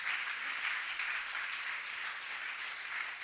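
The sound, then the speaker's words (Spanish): An audience applauds the Lord steadily, many hands clapping together in a dense, even wash of sound that holds at a constant level throughout, with no voices standing out. “Dele palmas al Señor con todo su corazón.”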